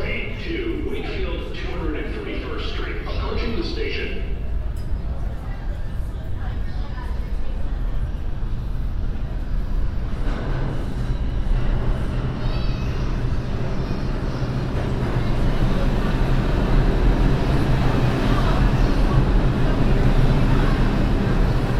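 A binaural field recording riding the N train, with a steady low rumble of the subway car running throughout. Speech and bright squealing tones fill the first few seconds, then the train's roar thickens and grows louder, with clattering rattles building toward the end.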